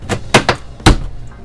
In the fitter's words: go this piece here just snaps right in